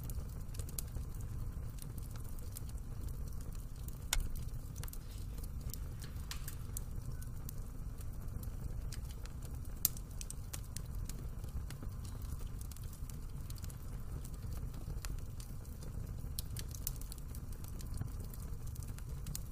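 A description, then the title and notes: A fireplace crackles with frequent sharp pops scattered throughout, over a steady low rumbling roar, with a louder snap near ten seconds. The fireplace crackles and pops in this quiet recording of a weekend morning by the hearth.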